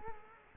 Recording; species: mosquito wingbeat signal from an infrared sensor; Culex quinquefasciatus